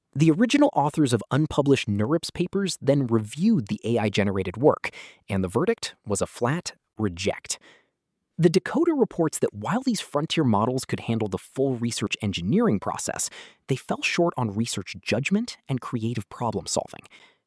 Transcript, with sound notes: The original authors of unpublished NeurIPS papers then reviewed the AI-generated work, and the verdict was a flat “Reject.”
[thoughtful] The Decoder reports that while these frontier models could handle the full research engineering process, they fell short on research judgment and creative problem-solving.